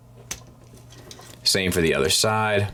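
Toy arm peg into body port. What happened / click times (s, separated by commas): The plastic peg snapped into its socket / 0.3 s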